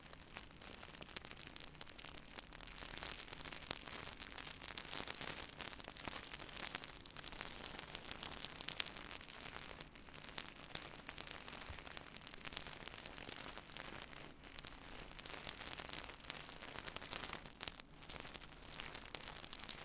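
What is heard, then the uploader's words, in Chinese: Tingly trigger sounds on a tiny microphone: a dense, unbroken stream of crisp crackles and scratchy ticks, bright. The texture stays busy throughout the twenty seconds, with small louder bursts scattered irregularly and a faint low hum beneath. 迷你麥克風刺痛觸發 | Brain Melting Triggers | NO Talking。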